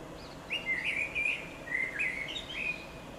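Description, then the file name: Common blackbird singing one mellow, fluty phrase of varied whistled notes, closing with a thin, higher twittering flourish, against a quiet hissy background. "Koltrast"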